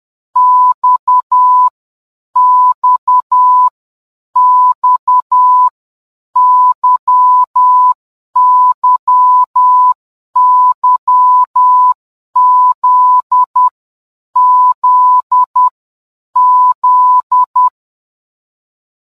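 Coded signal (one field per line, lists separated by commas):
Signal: Morse code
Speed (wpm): 10 wpm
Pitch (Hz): 1000 Hz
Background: none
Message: X X X Y Y Y Z Z Z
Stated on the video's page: Morse alphabet and numbers lesson with sound for learners.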